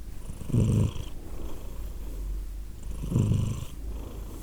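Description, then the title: Domestic cat purr, two loud low rumbling bursts about two and a half seconds apart over a soft continuous purr. Cat named Edith, purring, Glasgow, Scotland, December 2023. "Edith purring, Glasgow, Scotland in December 2023 – by Steve Urquhart"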